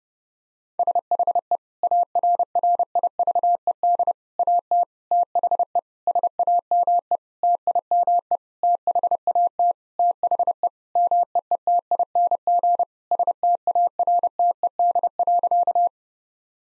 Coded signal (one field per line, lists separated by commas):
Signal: Morse code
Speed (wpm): 30 wpm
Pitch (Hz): 700 Hz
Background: none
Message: SHE ARRIVED AT THE SAME TIME THAT THE MEETING STARTED.